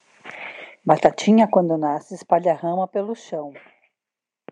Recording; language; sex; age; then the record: short text; Brazilian Portuguese; female; 50 to 59 years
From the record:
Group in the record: control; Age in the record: 54 years